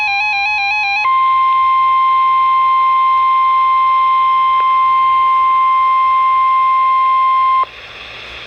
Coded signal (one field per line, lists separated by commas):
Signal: Emergency Alert System (SAME) tones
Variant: 1050 Hz attention tone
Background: music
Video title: Tornado Warning (EAS #928) 6/22/16